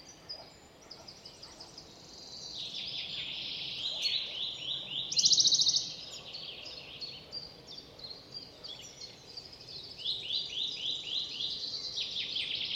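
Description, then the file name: Eurasian nuthatch calling, a run of quick, high, downslurred notes repeated rapidly, with a short buzzy trill. "Sitta europaea"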